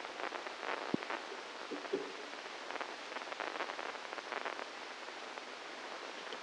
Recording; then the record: brain microelectrode recording played as sound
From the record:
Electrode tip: inside the subthalamic nucleus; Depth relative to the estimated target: -2 mm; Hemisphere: left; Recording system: NeuroSet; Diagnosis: Parkinson's disease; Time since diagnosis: 12 years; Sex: male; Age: 61 years